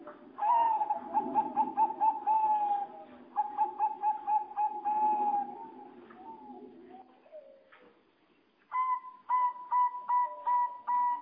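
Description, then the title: Java sparrow song: a fast ticking run of level notes drifting slightly lower, a quiet trailing pause, then a burst of separate, clearer bell-like notes. "kicau gelatik"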